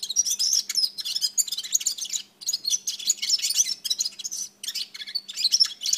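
Red-fronted serin giving a lively, almost continuous high twitter of jangling trills and chirps, with a couple of brief pauses.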